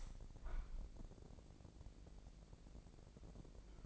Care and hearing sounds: daily activity, microphone in the room; open window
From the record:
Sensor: 5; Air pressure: 1012.3 hPa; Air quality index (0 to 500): 161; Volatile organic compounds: 2 ppm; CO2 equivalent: 1093 ppm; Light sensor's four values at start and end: 70/169/69/73 and 70/170/69/74

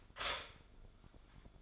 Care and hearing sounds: daily activity, microphone in the room; stop toaster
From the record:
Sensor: 5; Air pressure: 1014.7 hPa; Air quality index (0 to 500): 207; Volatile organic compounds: 10 ppm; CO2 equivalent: 2204 ppm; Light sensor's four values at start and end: 13/32/12/11 and 13/32/12/11

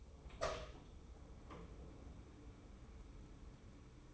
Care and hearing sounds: daily activity, microphone in the room; open door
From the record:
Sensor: 1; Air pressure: 1015.2 hPa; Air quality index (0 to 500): 131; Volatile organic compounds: 5 ppm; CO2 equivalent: 1796 ppm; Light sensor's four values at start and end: 14/33/14/15 and 14/33/14/15

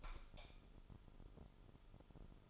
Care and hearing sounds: daily activity, microphone in the room; light off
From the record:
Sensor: 5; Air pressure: 988.5 hPa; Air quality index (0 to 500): 215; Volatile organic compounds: 113 ppm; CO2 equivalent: 3838 ppm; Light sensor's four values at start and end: 45/137/53/57 and 44/131/51/55

